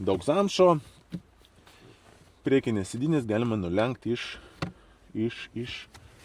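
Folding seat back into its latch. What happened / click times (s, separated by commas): Handled, not yet home: folded seat latch catches / none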